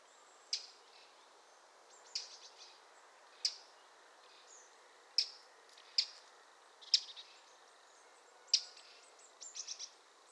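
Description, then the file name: Eurasian wren calls: sharp clicking ticks every second or so, some doubled, ending in a quick burst of three or four notes. "Troglodytes troglodytes"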